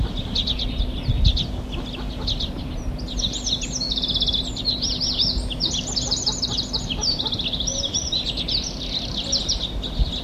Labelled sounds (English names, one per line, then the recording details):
Common Redpoll
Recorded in the wild
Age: adult
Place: Mirnock, Kärnten, AT
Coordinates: 46.758, 13.714
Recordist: Brunner, Thomas
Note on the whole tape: Aufnahme: Ende Mai, Mirnock, Hochalm